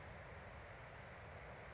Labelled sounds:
California Towhee

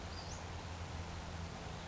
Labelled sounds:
Western Flycatcher

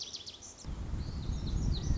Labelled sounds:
Lazuli Bunting

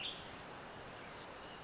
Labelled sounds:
Western Tanager

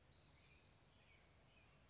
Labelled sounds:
Spotted Towhee

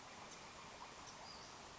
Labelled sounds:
Western Flycatcher

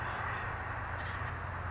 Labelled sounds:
California Towhee

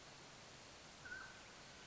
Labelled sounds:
Mountain Quail

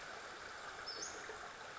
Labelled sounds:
Western Flycatcher

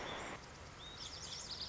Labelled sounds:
Lazuli Bunting

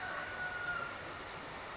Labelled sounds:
California Towhee

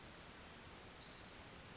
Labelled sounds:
Pacific Wren

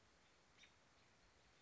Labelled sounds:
American Robin

